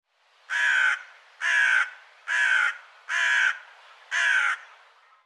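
Bird repeating a rough, grating caw five times in an even rhythm, nearly one call per second.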